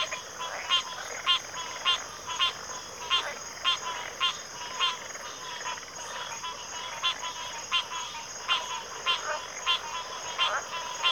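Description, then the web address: Steady shrill cricket trilling runs underneath frequent rasping, pulsed calls repeating almost twice a second. Chorus of crickets in a backwater. "WLL Grade 1-12 Pre-Uni Library Enter Natures Songs Sleep Sounds of Nature CRICKETS Backwater Chorus"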